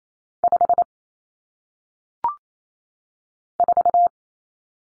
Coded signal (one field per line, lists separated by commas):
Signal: Morse code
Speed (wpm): 28 wpm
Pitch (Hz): 700 Hz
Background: none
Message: 5 4